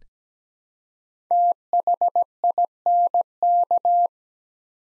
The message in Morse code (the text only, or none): THINK